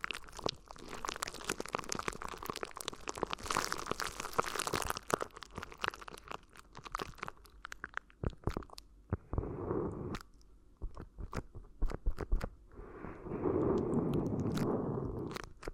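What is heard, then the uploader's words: Crinkly ear massage: dense crackling crunches fill the first half, then sparser sharp crinkles alternate with muffled rubbing bursts near 9 and 13 seconds. ASMR Addictive Crinkly Ear Massage (No Talking).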